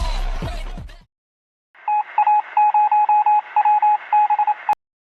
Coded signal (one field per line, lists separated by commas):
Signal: Morse code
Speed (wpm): 27 wpm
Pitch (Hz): 840 Hz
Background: radio noise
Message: TA0WBE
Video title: Morse Code CMPF